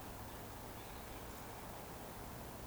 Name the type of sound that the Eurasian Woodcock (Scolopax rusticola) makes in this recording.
whistle